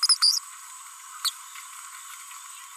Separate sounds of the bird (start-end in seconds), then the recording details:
0.22-0.38, 1.25-1.30. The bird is a female. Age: 30 days. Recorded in a nest box in Venezuela. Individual 17B42B3